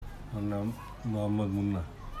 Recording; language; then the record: elicited speech; Bengali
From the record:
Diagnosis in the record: Broca's or global aphasia after a stroke